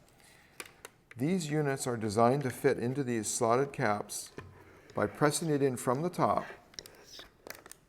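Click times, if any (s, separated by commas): none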